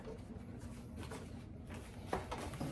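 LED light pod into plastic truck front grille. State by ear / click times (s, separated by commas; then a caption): not seated / none. An Auxito Raptor-style LED light pod, its plastic ends filed down because it would not fit, is pushed by hand into its slot in a truck's plastic front grille. Low, steady background noise is broken by soft knocks at about 1.0, 2.1 and 2.5 seconds, the one at 2.1 seconds the loudest. The pod has not seated or clicked into place yet.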